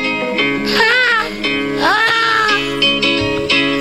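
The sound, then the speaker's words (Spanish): Seagull calls at a port: two drawn-out, mewing cries with a wavering, rising-then-falling pitch stand out over a steady backdrop of overlapping harmonic squawks and chatter from other birds. “No se hace de gaviota. ¿Alguien sabe ser gaviota?”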